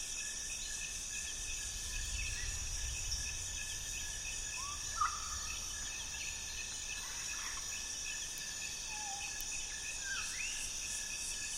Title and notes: Dusk falls in Mohoba forest as a distant thunderstorm rumbles. The insect chorus is deafening.